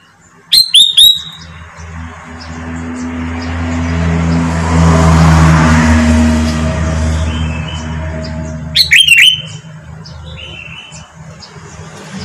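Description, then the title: Sooty-headed bulbul giving two short bubbly phrases of bright slurred notes about eight seconds apart, with a passing vehicle rumbling between them. "Kutilang"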